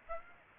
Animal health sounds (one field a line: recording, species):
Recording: mosquito wingbeat signal from an infrared sensor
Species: Aedes aegypti